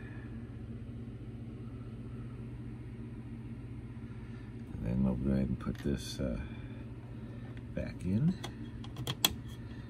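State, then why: Seated. Someone talks over a steady low hum while putting the plastic cover for the channel tuning adjustments back into the front panel of a 1979 Zenith System 3 Model SS1921W 19" TV. A few light handling clicks lead up to a sharp snap at 9.3 s as the cover seats in place, so the channel selection isn't changed by accident.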